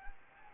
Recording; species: mosquito wingbeat signal from an infrared sensor; Anopheles gambiae